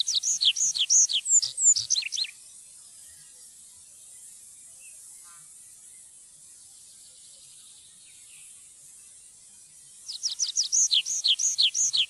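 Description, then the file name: Tree pipit singing two bursts of rapid, high, down-slurred notes separated by a long quiet gap. "trepipelerke"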